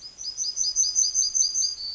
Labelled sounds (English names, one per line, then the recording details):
Yellowhammer song
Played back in forest
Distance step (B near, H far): D
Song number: 053